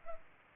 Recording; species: mosquito wingbeat signal from an infrared sensor; Culex pipiens